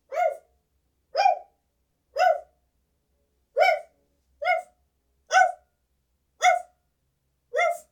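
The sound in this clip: Dog barking, eight short, sharp, fairly high yaps repeated about once a second, with silence between each bark.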